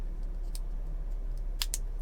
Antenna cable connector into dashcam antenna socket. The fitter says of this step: till it snaps in should look just like that when you're done